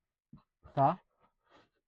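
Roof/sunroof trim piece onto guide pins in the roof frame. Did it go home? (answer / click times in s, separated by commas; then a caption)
no / none. A roof trim piece near the sunroof of an Audi A3 1.4/1.8/2.0 TFSI 8V is handled into position over its three guide pins in the roof frame. Someone talks briefly, with a few faint handling noises afterward. Nothing has seated or clicked yet.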